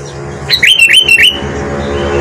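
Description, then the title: Sooty-headed bulbul song, a quick phrase of four liquid, slurred whistles over a low steady hum. "Kutilang"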